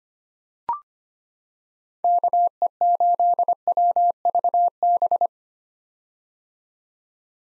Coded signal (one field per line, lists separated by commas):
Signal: Morse code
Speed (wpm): 25 wpm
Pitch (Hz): 700 Hz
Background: none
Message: KE8WVB